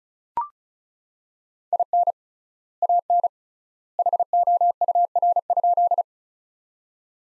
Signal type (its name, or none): Morse code